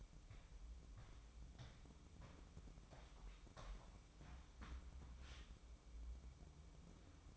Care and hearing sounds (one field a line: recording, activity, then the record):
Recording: daily activity, microphone in the room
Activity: walk to room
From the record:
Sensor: 1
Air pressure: 1008.2 hPa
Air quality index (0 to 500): 139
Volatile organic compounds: 2 ppm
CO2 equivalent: 1173 ppm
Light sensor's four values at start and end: 10/23/9/10 and 10/23/9/10